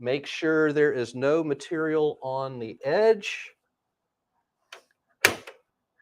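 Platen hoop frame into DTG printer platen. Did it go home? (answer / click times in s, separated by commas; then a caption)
yes / 5.2 s. Someone talks while a garment is tucked into the platen cavity of a Ricoh Ri 100 DTG printer and checked so no material is on the edge, then the platen hoop frame is pressed down onto the platen. After a faint tap at 4.7 s, a sharp, loud hit at 5.3 s marks the platen hoop locking into place.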